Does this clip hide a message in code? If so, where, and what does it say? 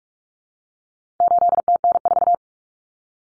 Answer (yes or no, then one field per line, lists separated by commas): yes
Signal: Morse code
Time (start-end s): 1.2-2.3 s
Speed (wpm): 44 wpm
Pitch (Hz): 700 Hz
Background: none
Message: 8TN4